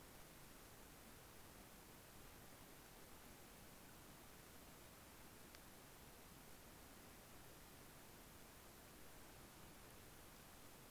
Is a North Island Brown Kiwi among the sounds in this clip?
no